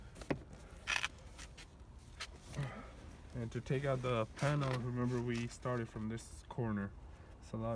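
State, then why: Seated. A reinstalled plastic door trim panel on a Cadillac ATS is tapped downward and pushed so its retaining clips snap back into the metal door. Sharp clicks are heard at 0.3, 1.0 and 1.0 seconds as the clips seat, and then someone talks.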